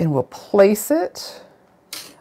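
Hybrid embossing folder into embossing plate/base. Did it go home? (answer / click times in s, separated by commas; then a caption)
yes / 1.9 s. Someone talks while placing a large die-shaped hybrid embossing folder onto its base plate. A small, sharp click is heard at 1.9 s as the folder snaps into position and holds without moving.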